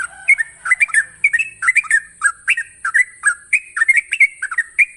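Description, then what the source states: Yellow-vented Bulbul giving fast, warbling chirped phrases, clustered notes tumbling one after another over a steady high-pitched background hiss. Master song in the long-trill style, called 'ropel panjang'.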